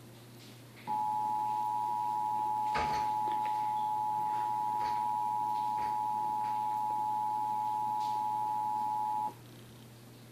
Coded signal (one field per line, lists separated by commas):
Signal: Emergency Alert System (SAME) tones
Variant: 853 and 960 Hz attention tone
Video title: EAS on YouTube (NOT MY VIDEO)